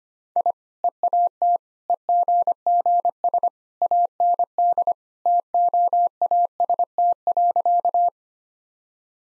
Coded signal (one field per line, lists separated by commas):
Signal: Morse code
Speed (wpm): 25 wpm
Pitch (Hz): 700 Hz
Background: none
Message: I EAT EGGS AND TOAST.